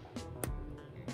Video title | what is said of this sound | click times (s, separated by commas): 024: SAT-COAX Stripper Tool and BNC Crimp tutorial | here it click and the pin should come up almost flush with that white part | 0.4 s